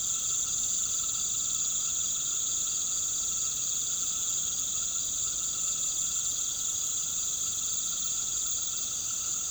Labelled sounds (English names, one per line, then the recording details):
none
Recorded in pastures near Puerto Asís, Putumayo, Colombia, on 8 March 2025 at 19:00
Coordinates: 0.486, -76.323
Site G075